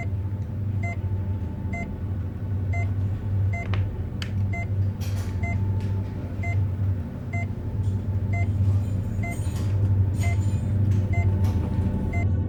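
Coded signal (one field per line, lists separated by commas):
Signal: none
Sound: heart monitor beeps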